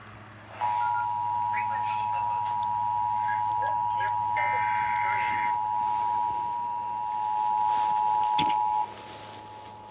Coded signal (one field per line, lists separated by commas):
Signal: Emergency Alert System (SAME) tones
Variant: 853 and 960 Hz attention tone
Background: speech